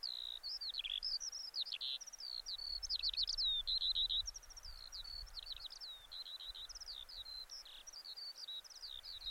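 Bird twittering: a quick, uneven series of high chirps and slurred notes, several each second, continuing throughout, with a faint low rumble underneath.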